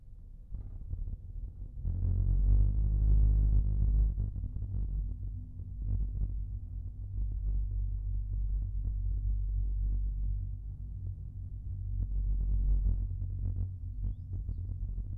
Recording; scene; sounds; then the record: everyday scene through a hearing-aid microphone; in a vehicle; engine, rumble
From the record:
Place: Skoda Fabia, gasoline engine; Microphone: behind the ear, right, rear